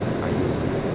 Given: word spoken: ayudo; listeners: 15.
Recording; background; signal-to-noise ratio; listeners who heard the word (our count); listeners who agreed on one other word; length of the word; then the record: one Spanish word in noise, from a listening test; speech-shaped noise; -5.3 dB; 0 of 15; 9 of 15; 0.55 s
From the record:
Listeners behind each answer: 9, 1, 1, 1, 1, 1, 1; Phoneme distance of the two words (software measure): 10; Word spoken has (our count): 3 syllables, 5 phonemes, stress on syllable 2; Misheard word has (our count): 3 syllables, 5 phonemes, stress on syllable 2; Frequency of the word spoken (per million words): 1.37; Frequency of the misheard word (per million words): 137.11